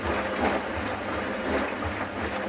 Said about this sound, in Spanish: Se acerca al micro. A ver. Sí, me parece que escucha. Está pillando el agua. Es una lavadora. Sí.